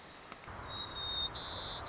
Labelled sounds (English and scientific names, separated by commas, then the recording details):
White-crowned Sparrow (Zonotrichia leucophrys)
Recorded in Sonoma County, California